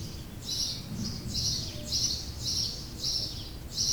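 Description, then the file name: House sparrow calling, a run of bright chirps repeated roughly every half second, with low background noise. Recorded in 2008. "Haussperling 2008"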